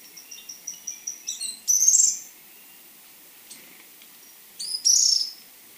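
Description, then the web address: Bronze-olive pygmy-tyrant calling: a run of quick, thin, evenly spaced high notes, then a harsh buzzy trill, and another buzzy trill after a pause of over two seconds. Recorded in Ecuador. "Birds of Ecuador. Bronze-olive Pygmy-Tyrant"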